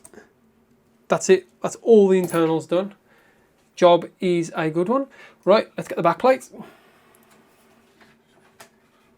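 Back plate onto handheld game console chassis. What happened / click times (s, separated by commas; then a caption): A casing panel is handled and positioned with no seating click yet / none. Someone talks, then picks up the back plate for a handheld game console and lines it up over the chassis before pressing it on, producing faint handling noises and small taps near the end. Nothing has seated or clicked yet.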